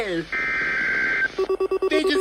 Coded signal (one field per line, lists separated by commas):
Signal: Emergency Alert System (SAME) tones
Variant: header bursts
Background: speech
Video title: A MYRIAD OF MADNESS - EAS Alerts from 7/19 - 7/20/22 (EAS #429-454)